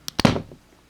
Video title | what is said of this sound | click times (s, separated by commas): NECA TERMINATOR 2: JUDGMENT DAY ULTIMATE T-800 - ARNOLD SCHWARZENEGGER FIGURE REVIEW | and it pops out. It's pretty easy to do. | 0.2 s